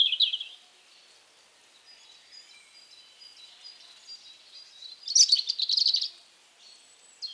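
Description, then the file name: European robin song, a brief high note at the start, faint warbling, then a loud rapid trill around the fifth second. "Erithacus rubecula"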